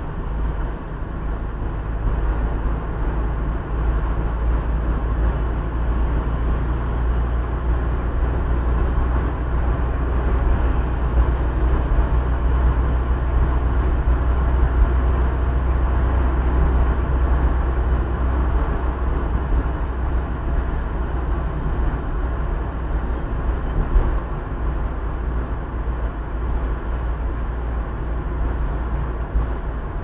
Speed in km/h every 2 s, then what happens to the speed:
42, 43, 44, 47, 48, 48, 48, 50, 50, 50, 49, 49, 46, 45, 45.
0-30 steady at about 48.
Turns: none.